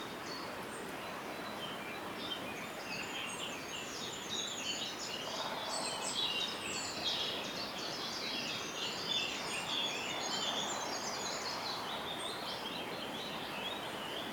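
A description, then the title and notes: Birdsong from Snowdonia, North Wales: dense, overlapping high chirps and trills run throughout over a steady background hiss, busiest midway. Radio Birdsong from Snowdonia, North Wales. High above the Aberglaslyn Pass.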